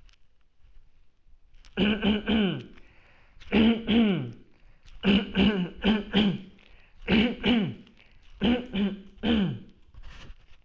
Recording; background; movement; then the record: throat clearing; quiet; sitting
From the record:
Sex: male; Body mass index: 20.6 kg/m2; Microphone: on the chest, facing the body